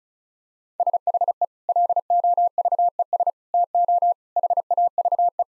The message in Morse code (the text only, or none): SHE LOVES TO HAVE